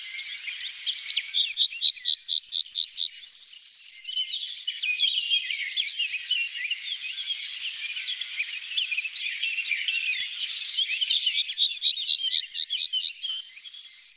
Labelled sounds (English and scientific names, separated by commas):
Yellowhammer (Emberiza citrinella) song